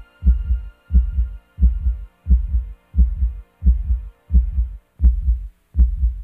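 Steady, regular low thumping heartbeat at about 88 beats a minute, each beat a muffled double thud, with a faint steady hum behind it, used as a soothing sleep sound for babies.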